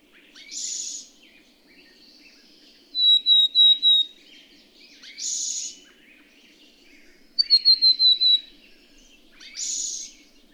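Bird song alternating harsh buzzy bursts with two runs of pure whistled notes, repeated steadily, while other birds chatter quietly in the background.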